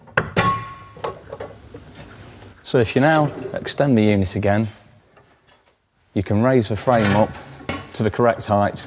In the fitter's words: and then push right in until you hear them click